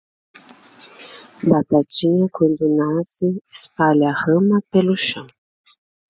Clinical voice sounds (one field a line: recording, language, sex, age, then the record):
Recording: short text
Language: Brazilian Portuguese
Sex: female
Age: 40 to 49 years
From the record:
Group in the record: control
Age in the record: 46 years